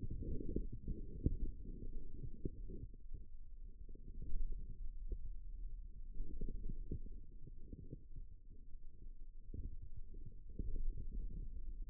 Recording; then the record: forearm muscle sounds (acoustic myography)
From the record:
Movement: wrist flexion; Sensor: system 2, bracelet of six BSWA MPA416 microphones around the upper forearm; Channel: 1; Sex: male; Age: 22 years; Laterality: right